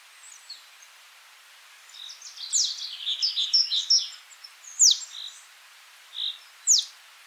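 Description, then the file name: Great tit call series: a rapid chatter of short notes, then two sharp descending high notes with a few soft chips between and around them. "Parus major"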